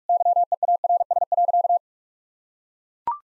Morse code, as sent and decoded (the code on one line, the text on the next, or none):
-.-- . .- .-. ... .-.-.-
YEARS.